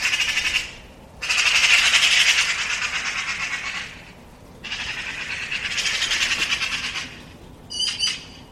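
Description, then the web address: Bird giving loud, prolonged chattering rattles, fast harsh pulses in two long runs, followed by a short, sharper burst of notes near the end. "cianscape birddata Deverinetal"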